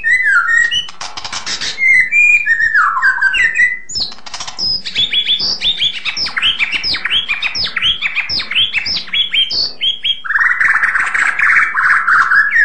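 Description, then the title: White-rumped shama delivering varied song: harsh rattles, quick whistled trills and chirps, ending in a sustained buzzy warble. Full variation song. "mster Mnuk. KICAUAN MURAI BATU FULL VARIASI"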